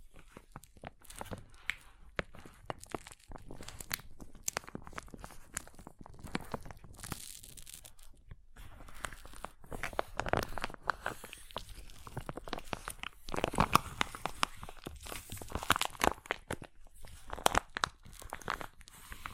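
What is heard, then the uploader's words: Crunchy slime is pressed and squeezed, giving dense, irregular crackles and sharp pops that run almost without pause. Louder bursts cluster around the middle and near the end, with brief quieter gaps between. ASMR Satisfying Crunchy Slime (No Talking).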